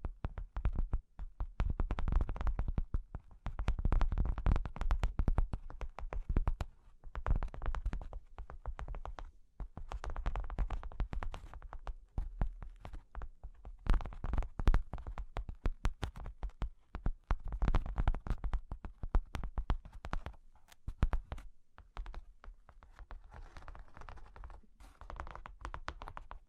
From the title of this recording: Cork and Wood Tapping, Scratching, Tracing